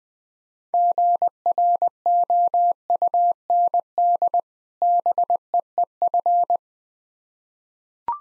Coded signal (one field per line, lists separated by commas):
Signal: Morse code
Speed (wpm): 20 wpm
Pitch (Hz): 700 Hz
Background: none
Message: GROUND BEEF